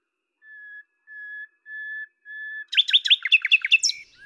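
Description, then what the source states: Common nightingale song: four slow pure whistles on one pitch, then a sudden rich burst of rapid varied notes. Lavours, France, 10 May 1998; recorded with a Tascam DAP-1 and a Télingua microphone, edited in Samplitude 5.1.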